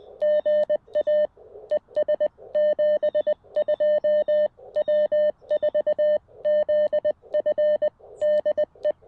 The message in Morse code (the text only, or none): GA ES 72 W4ZF DE